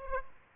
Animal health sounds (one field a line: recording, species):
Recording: mosquito wingbeat signal from an infrared sensor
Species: Aedes aegypti